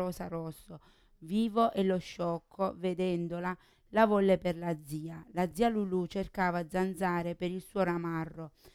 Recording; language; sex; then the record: read passage; Italian; female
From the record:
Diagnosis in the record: Parkinson's disease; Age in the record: 40 years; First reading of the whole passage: 61 s, 7.8 characters per second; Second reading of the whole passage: 52 s, 9.9 characters per second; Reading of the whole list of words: 55 s, 5.1 characters per second